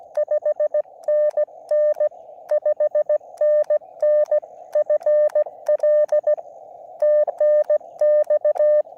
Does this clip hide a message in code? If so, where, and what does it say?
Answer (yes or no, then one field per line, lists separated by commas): yes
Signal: Morse code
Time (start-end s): 0.2-8.8 s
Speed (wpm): 16 wpm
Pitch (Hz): 600 Hz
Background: none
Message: 5NN 5NN FL TNX